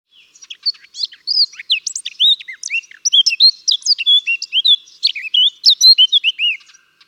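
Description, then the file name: Eurasian blackcap song, a loud, rapid stream of varied whistled notes and slurred chirps, some rising and some dropping, delivered continuously throughout. "Sylvia atricapilla"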